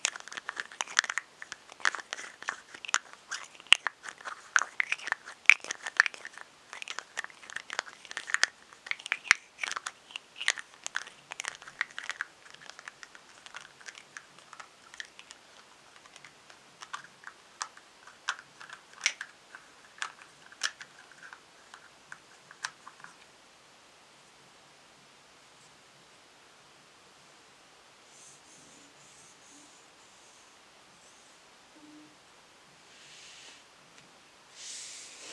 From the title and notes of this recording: In this episode I will be "unboxing" my beauty bag and tapping on each product. Tapping & Crinkling Sounds - Crumpling, Tapping.